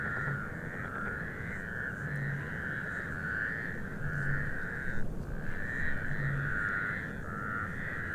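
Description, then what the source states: Mongolian toads trilling together in a dense, continuous chorus that pulses slightly in strength, over a low rumble with faint deeper hoots now and then. Chorus of Mongolian toads recorded 11 April 2026 at 19:40 in Sha Cheng Wetlands, Hebei.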